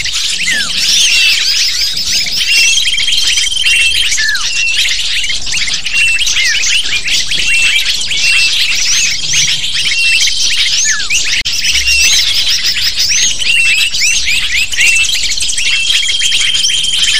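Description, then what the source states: Lovebirds calling together, with many shrill, rapid chirps overlapping into a constant high-pitched chatter and a few long thin tones. Calls used as a lure (pikat) to attract lovebirds.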